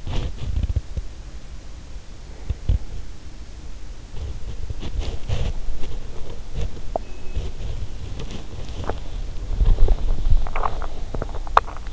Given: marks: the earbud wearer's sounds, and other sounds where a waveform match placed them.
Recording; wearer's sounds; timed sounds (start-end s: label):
sounds in sleep by an in-ear microphone; body movement, swallowing
0.00-1.16 s: body movement
2.39-3.39 s: body movement
4.15-10.58 s: body movement
8.73-9.20 s: swallowing
10.55-11.93 s: swallowing